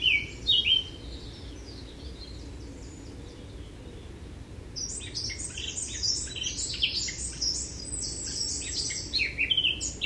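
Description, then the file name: Eurasian blackcap song: a short note burst at the start, then a long, dense warbled phrase of rapid varied notes in the second half, with low background hum. "Sylvia atricapilla"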